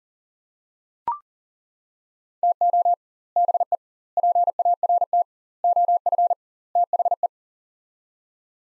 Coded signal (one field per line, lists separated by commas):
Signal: Morse code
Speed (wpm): 40 wpm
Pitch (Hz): 700 Hz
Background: none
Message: TO BE PART OF THE